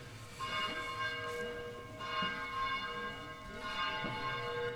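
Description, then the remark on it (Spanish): Church bells ring in loud, overlapping peals, fresh strikes landing every couple of seconds over a sustained shimmer of bright metallic overtones that never fully fades. “La cultura libre y las campanas, ¿no?”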